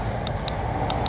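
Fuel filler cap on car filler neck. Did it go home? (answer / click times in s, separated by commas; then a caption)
yes / 0.3 s, 0.5 s, 0.9 s, 1.1 s. The plastic fuel filler cap of a 2016–2024 Chevy Malibu is screwed back onto the car's filler neck until its torque-limiting ratchet clicks, over a steady low background rumble. Sharp clicks come at 0.3, 0.5, 0.9 and 1.1 seconds, showing the cap is on tight.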